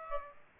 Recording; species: mosquito wingbeat signal from an infrared sensor; Aedes aegypti